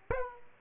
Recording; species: mosquito wingbeat signal from an infrared sensor; Aedes aegypti